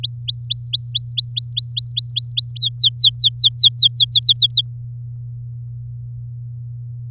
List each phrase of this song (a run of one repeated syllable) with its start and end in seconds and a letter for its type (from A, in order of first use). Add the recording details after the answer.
0.03-2.52 A, 2.56-4.61 B. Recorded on 9 May 2018 at 13:14. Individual llb16